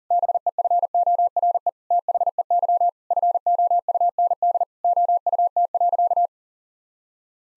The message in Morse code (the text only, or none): BEFORE THEY FOUND OUT.